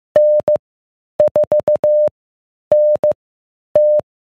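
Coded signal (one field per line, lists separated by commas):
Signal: Morse code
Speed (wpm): 15 wpm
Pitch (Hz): 600 Hz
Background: none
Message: N4NT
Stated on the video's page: Club net on 442.200 MHz repeater, +100 Hz tone, temporarily replacing storm-damaged club repeater.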